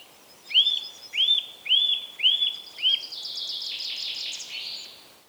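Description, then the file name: Eurasian nuthatch calls: five loud arched whistled notes about half a second apart, followed by a softer burst of rapid chattering notes. "Sitta europaea"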